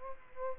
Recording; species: mosquito wingbeat signal from an infrared sensor; Culex quinquefasciatus